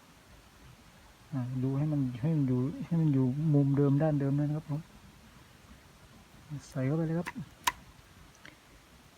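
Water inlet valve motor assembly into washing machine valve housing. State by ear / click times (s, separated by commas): seated / 7.7 s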